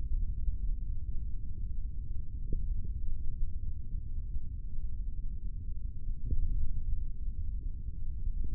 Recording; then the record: forearm muscle sounds (acoustic myography)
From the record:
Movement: index flexion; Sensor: system 3, bracelet of six PUI Audio POM-2738L microphones around the upper forearm, with dedicated amplification and filtering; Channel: 1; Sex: male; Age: 25 years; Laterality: right